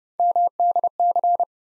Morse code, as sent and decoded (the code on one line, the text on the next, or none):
-- -.. -.-.
MDC